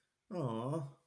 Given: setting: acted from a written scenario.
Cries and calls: vocal sound without words; sympathy

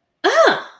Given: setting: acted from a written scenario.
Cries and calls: vocal sound without words; negative surprise

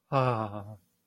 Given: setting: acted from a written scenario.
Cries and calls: vocal sound without words; romantic love

